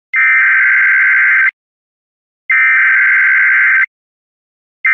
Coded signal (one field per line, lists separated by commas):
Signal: Emergency Alert System (SAME) tones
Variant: header bursts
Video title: EAS Scenario: Killer EF5 Tornado for Chicago O’Hare in eastern Illinois